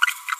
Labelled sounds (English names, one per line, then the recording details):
Green-rumped Parrotlet babbling
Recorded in a nest box in Venezuela
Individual 18B25A4